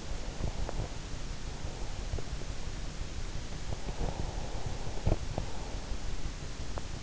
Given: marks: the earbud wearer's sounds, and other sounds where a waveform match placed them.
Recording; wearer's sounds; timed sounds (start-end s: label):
sounds in sleep by an in-ear microphone; breath, body movement
0.00-2.73 s: breath
3.57-6.10 s: body movement